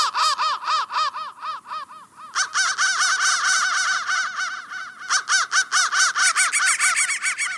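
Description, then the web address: Crow caws repeated quickly, harsh and arched, becoming denser and overlapping after a couple of seconds. "soundfactory crow"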